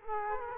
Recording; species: mosquito wingbeat signal from an infrared sensor; Culex quinquefasciatus